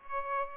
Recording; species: mosquito wingbeat signal from an infrared sensor; Aedes aegypti